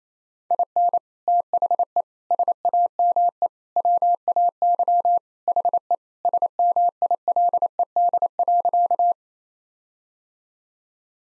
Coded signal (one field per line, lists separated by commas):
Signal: Morse code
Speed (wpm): 27 wpm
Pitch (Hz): 700 Hz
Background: none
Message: IN THE SAME WAY HE SMILED.